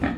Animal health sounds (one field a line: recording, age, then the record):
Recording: pig call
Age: growing-finishing pig (85 days or more)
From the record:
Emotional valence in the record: negative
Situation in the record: barren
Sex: female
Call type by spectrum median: low-frequency call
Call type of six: low-frequency stable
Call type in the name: low-frequency stable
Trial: 1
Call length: 0.18 s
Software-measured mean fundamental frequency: 59 Hz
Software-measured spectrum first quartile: 232 Hz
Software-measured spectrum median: 435 Hz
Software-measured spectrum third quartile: 1239 Hz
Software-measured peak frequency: 265 Hz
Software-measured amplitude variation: 137 dB a second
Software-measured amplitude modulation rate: 18.9 a second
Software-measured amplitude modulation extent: 7.3 dB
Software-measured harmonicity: 1.1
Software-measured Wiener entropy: -1.59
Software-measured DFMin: 513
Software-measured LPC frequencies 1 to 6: 1789, 2380, 3380, 6553, 7455, 8412 Hz